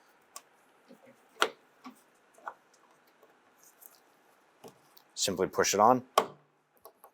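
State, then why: Seated. On a 1995–2001 Ford Explorer, the lower end of the rear glass gas lift support is pushed onto the lower ball stud, and its pre-installed metal retaining clip locks on automatically. Someone talks, followed by scattered small clicks and taps. The socket snaps into place with a sharp click at 6.8 s, and the support is seated.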